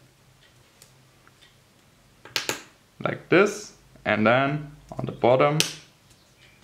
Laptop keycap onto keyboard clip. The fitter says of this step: clicks like this